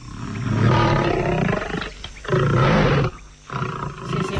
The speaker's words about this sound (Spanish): Tú confía, no es más que un elefante.